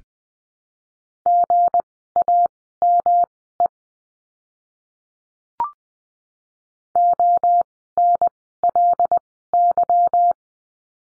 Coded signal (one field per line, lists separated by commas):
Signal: Morse code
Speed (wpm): 20 wpm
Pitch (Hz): 700 Hz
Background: none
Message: GAME ONLY